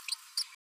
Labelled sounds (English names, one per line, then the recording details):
Green-rumped Parrotlet babbling
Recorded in a nest box in Venezuela
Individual 18B12A1